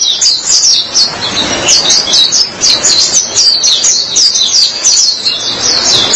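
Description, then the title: White-eye singing a fast stream of thin, high chirps and trills, with short notes tumbling quickly over one another throughout. "Kicauan Burung Pleci"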